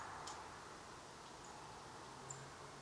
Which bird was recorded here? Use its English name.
Song Thrush